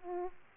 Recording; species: mosquito wingbeat signal from an infrared sensor; Aedes aegypti